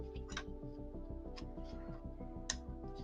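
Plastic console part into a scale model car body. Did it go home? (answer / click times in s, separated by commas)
yes / 2.5 s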